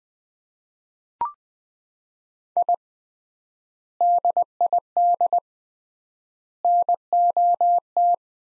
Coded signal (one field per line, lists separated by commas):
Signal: Morse code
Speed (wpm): 20 wpm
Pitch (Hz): 700 Hz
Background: none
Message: I DID NOT